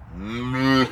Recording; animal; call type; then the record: contact call of a hoofed animal; cattle; low-frequency (closed-mouth) or high-frequency (open-mouth) call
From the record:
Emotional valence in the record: negative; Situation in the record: full separation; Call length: 0.92 s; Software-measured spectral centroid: 2060 Hz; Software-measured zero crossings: 1400 a second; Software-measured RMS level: -22 dBFS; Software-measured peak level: -6 dBFS